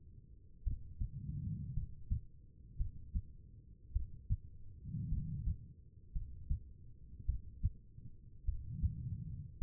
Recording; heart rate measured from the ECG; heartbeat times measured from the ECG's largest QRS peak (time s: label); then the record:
heart sounds by stethoscope; 54 bpm
0.64 s: heartbeat
1.74 s: heartbeat
2.77 s: heartbeat
3.93 s: heartbeat
5.10 s: heartbeat
6.13 s: heartbeat
7.26 s: heartbeat
8.45 s: heartbeat
9.59 s: heartbeat
From the record:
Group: healthy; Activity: rest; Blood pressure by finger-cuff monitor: 79/50 mmHg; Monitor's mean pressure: 59 mmHg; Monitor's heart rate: 53 bpm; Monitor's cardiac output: 4.2 L/min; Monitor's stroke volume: 77 mL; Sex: female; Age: 36 years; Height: 163 cm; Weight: 88 kg